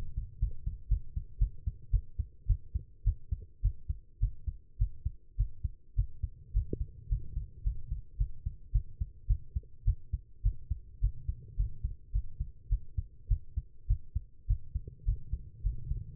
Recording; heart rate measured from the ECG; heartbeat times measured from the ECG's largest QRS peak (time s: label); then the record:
heart sounds by stethoscope; 106 bpm
0.39 s: heartbeat
0.89 s: heartbeat
1.39 s: heartbeat
1.91 s: heartbeat
2.47 s: heartbeat
3.04 s: heartbeat
3.62 s: heartbeat
4.20 s: heartbeat
4.78 s: heartbeat
5.37 s: heartbeat
5.95 s: heartbeat
6.53 s: heartbeat
7.09 s: heartbeat
7.63 s: heartbeat
8.18 s: heartbeat
8.72 s: heartbeat
9.27 s: heartbeat
9.85 s: heartbeat
10.42 s: heartbeat
11.00 s: heartbeat
11.56 s: heartbeat
12.12 s: heartbeat
12.69 s: heartbeat
13.28 s: heartbeat
13.87 s: heartbeat
14.47 s: heartbeat
15.05 s: heartbeat
15.63 s: heartbeat
From the record:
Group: healthy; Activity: rest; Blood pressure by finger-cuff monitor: 127/80 mmHg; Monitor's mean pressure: 94 mmHg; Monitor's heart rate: 105 bpm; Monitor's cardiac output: 8.3 L/min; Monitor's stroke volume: 77 mL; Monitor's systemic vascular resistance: 760 dyn s/cm5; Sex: female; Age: 19 years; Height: 163 cm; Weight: 51 kg